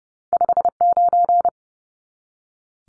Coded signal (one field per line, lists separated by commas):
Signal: Morse code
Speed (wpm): 30 wpm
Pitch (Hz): 700 Hz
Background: none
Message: 59